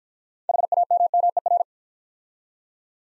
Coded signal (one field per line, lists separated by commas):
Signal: Morse code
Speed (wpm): 49 wpm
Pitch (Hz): 700 Hz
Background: none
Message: HAMMER